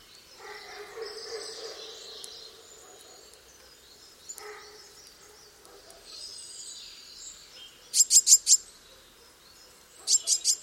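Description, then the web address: Eurasian blue tit giving two brief high, fast trills near the end, after softer background sounds. "cianscape birddata Deverinetal 2025 File origin Bird Only Cy Ca"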